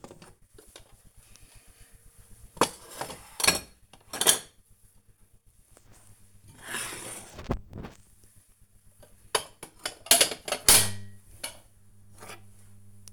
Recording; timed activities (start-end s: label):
household activities, microphone on the right wrist
0.00-13.13 s: putting away the dishes